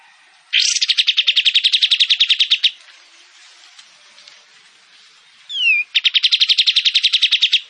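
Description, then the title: Kapas tembak: songbird song: two loud, rapid buzzy trills of evenly pulsed high notes, each about two seconds long, the second introduced by a short falling whistle, with a quiet pause between. Singing actively; shooting-style song (tembakan) and long besetan phrases; clear audio intended as tutor material for training Oriental magpie-robins to copy. "KAPAS TEMBAK GACOR TEMBAKAN DAN BESETAN PANJANG AUDIO KERNIH COCOK UNTUK MASTERAN MURAI BATU"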